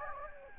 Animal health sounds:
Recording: mosquito wingbeat signal from an infrared sensor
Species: Anopheles gambiae

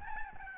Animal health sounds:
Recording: mosquito wingbeat signal from an infrared sensor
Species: Aedes albopictus

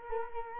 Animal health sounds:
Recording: mosquito wingbeat signal from an infrared sensor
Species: Culex quinquefasciatus

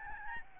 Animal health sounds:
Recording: mosquito wingbeat signal from an infrared sensor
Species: Aedes albopictus

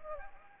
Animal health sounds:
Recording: mosquito wingbeat signal from an infrared sensor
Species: Anopheles gambiae

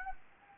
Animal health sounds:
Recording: mosquito wingbeat signal from an infrared sensor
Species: Anopheles gambiae

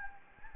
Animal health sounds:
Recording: mosquito wingbeat signal from an infrared sensor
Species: Anopheles gambiae

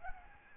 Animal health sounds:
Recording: mosquito wingbeat signal from an infrared sensor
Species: Aedes albopictus

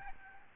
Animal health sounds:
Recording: mosquito wingbeat signal from an infrared sensor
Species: Aedes albopictus

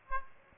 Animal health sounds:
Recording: mosquito wingbeat signal from an infrared sensor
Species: Aedes aegypti

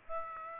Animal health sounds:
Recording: mosquito wingbeat signal from an infrared sensor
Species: Aedes aegypti

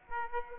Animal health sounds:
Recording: mosquito wingbeat signal from an infrared sensor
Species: Aedes aegypti

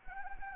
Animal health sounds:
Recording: mosquito wingbeat signal from an infrared sensor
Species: Anopheles gambiae

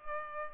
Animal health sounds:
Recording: mosquito wingbeat signal from an infrared sensor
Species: Culex pipiens

